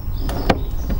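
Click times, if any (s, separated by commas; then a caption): 0.5 s. An indicator bulb holder in a car headlamp housing is twisted anti-clockwise at the back of the headlamp to unlock it. It releases with a sharp click at 0.5 s, among a few other brief knocks over a low background rumble. The holder clicks free.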